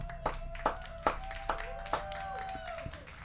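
Five evenly spaced hand claps, about two per second, sharp and moderately loud, a round of applause for a performer from Turkey who played violin, over a steady sustained tone that bends slightly downward near the end.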